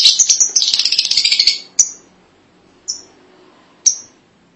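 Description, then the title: Lovebird chattering in a dense, scratchy burst, followed by three isolated shrill chirps spaced about a second apart. "BM Suara Burung Lovebird"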